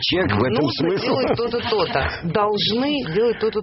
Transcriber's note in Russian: смеется